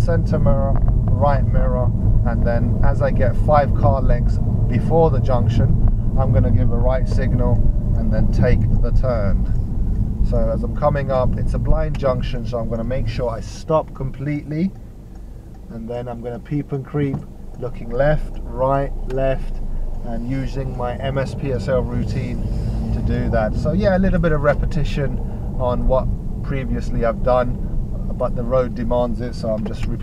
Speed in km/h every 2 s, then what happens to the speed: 35, 34, 31, 26, 21, 11, 3, 0, 2, 8, 15, 16, 18, 16, 11.
0-13 slows to 0. 13-16 standing. 16-23 pulls away to 18.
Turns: 17-20.